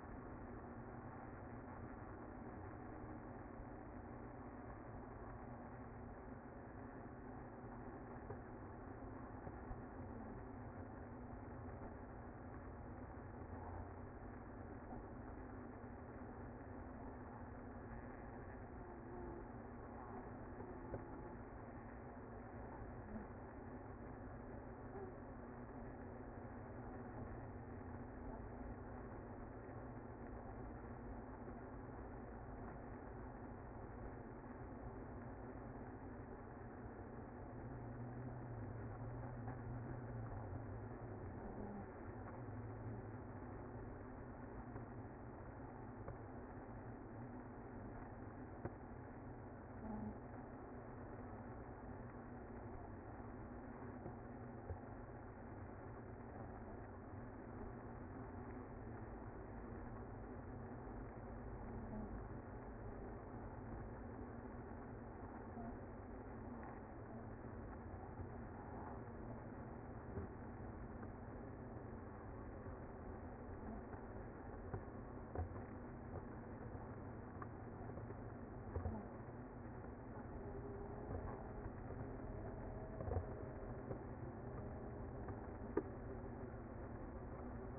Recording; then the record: honeybee colony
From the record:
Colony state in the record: active